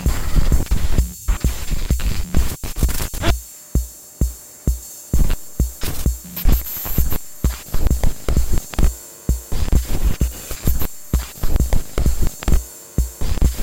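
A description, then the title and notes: Mechanical noises from a VCR, with repeated sharp clicks and clunks landing roughly every half second to second, like gears or a tape mechanism engaging. Between hits there is a low hum and faint whirring, and the loudness pulses in an uneven, throbbing rhythm throughout. VCR noises.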